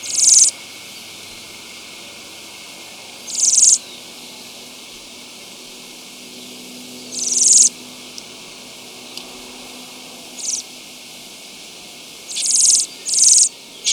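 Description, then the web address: Ash-breasted sierra finch giving short, very high buzzy bursts, several spaced irregularly a few seconds apart, with some paired close together near the end, over steady faint hiss. Recorded in Ecuador. "Birds of Ecuador. ASh-breasted Sierra-Finch"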